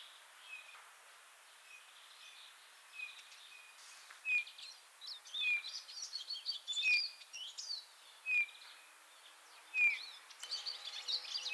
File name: Pyrrhula pyrrhula